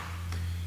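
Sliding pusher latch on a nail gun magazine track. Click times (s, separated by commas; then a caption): 0.3 s. The spring-loaded sliding pusher on a nail gun's magazine track is pulled back until it locks in place, ready for a strip of nails to be loaded. A short, sharp click at 0.3 s rises over a steady low hum. The pusher latch seats and locks.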